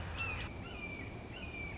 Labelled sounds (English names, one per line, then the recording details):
Red-shouldered Hawk
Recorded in Sonoma County, California